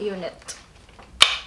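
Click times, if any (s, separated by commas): 1.2 s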